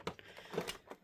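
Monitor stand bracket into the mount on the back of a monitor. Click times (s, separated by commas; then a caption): 0.7 s. The stand bracket of an Acer Predator XB271HU bmiprz 27-inch LCD monitor has its top slid into the mount on the back of the monitor and is lowered until it latches. A few sharp plastic knocks sound, with the latching click at 0.7 s, and the stand is seated.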